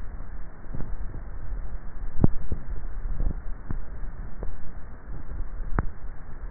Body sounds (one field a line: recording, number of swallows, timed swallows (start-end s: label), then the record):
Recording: swallowing sounds by neck microphone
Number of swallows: 3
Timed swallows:
0.85-1.55 s: swallow
2.55-3.45 s: swallow
5.22-6.05 s: swallow
From the record:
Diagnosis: dysphagia